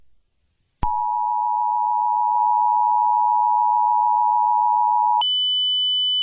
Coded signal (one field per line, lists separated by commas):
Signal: Emergency Alert System (SAME) tones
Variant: 853 and 960 Hz attention tone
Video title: EAS SCENARIO: TWISTER